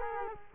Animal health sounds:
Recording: mosquito wingbeat signal from an infrared sensor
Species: Culex quinquefasciatus

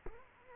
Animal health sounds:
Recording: mosquito wingbeat signal from an infrared sensor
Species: Culex quinquefasciatus

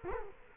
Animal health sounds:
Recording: mosquito wingbeat signal from an infrared sensor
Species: Culex quinquefasciatus

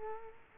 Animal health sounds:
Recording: mosquito wingbeat signal from an infrared sensor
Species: Culex quinquefasciatus

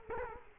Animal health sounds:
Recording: mosquito wingbeat signal from an infrared sensor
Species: Culex quinquefasciatus

